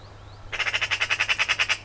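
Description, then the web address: Eurasian Magpie chattering: a fast, even run of over a dozen harsh, grating notes, steady in pitch, lasting just over a second. "Ocells Cultura Urraca común"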